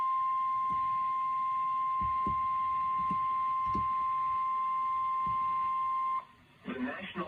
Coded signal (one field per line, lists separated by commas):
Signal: Emergency Alert System (SAME) tones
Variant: 1050 Hz attention tone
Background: speech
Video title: Storms, Floods, And Blacksburg Being Slow || EAS Alerts from 7/25-8/1/22 || EAS 343-366